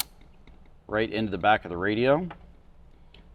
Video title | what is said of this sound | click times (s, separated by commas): Sony XAV-9000ES + Front Camera + Rear Camera - 2007 - 2018 Jeep Wrangler JK | so we're going to find our navigation antenna connector and that is going to snap | 0.0 s